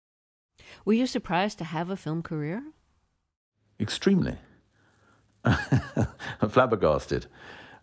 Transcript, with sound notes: Were you surprised to have a film career?
Extremely. (Laughter) I'm flabbergasted.